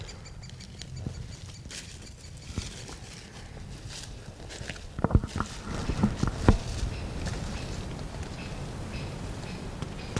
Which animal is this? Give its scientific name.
Dendrocopos major